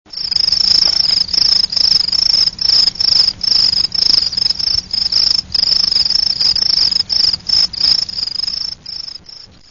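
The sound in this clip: Crickets chirping in a dense, high-pitched pulsing chorus, short trills following one another almost without pause and fading near the end.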